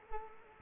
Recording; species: mosquito wingbeat signal from an infrared sensor; Culex quinquefasciatus